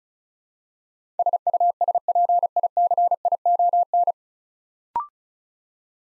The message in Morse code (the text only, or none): SUSPICION